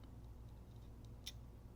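A small retaining gate (latch) inside a laptop is pushed closed by hand after some effort, with faint ticks before a sharp click at 1.3 s. The gate clips shut and seats, and someone talks.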